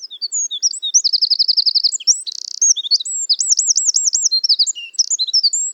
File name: Troglodytes troglodytes